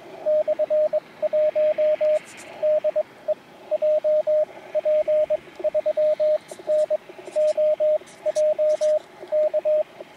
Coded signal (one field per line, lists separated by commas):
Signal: Morse code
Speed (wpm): 22 wpm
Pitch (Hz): 610 Hz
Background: radio noise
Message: /1 DE JP3NOJ K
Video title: CQ出したら5連続応答！ QSBに負けるな！ 5交信ノーカット 河川敷 プチ移動運用 初心者 CW 43日目 (その2) 16WPM 2022/02/15 アマチュア無線 VLOG 53